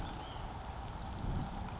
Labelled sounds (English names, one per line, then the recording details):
White-breasted Nuthatch
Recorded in Sonoma County, California